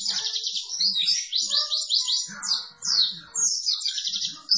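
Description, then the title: White-eye singing quick, high trilled phrases and descending sweeps, lively and varied, with a few lower chattering notes mixed in. Cage-bird training recording (masteran) of a vigorously singing (gacor) white-eye. "Pleci Gacor. Masteran Burung PLECI"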